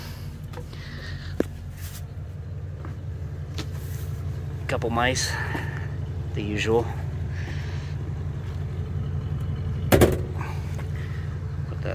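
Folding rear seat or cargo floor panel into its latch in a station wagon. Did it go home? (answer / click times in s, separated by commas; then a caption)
yes / 9.9 s. In the rear cargo area of a 1972 Oldsmobile Custom Cruiser station wagon, a folding rear seat or cargo floor panel is folded and dropped into position while someone talks over a low steady rumble. A loud thud at 9.9 s marks the panel latching, and it locks into place.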